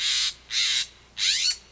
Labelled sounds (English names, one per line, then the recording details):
Steller's Jay
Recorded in Sonoma County, California